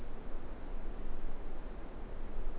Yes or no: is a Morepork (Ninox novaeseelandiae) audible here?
no